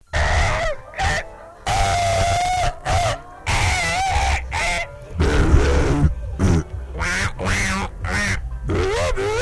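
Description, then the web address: Rooster crows in quick succession, loud harmonic calls overlapping and following one another in bursts, over a low rumbling background. Rooster crowing contest. "musee concours de coq"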